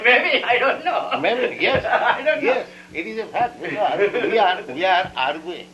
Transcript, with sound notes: Maybe. I don't know.
Maybe? Yes!
I don't know. [laughing]
Yes, it is a fact because we are, we are arguing.